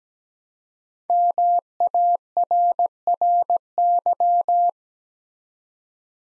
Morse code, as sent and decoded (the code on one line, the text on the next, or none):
-- .- .-. .-. -.--
MARRY